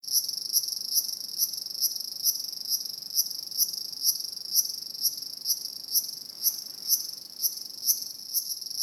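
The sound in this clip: Cicada song: shrill, high buzz throbbing rhythmically a little over twice per second, unbroken for the whole stretch.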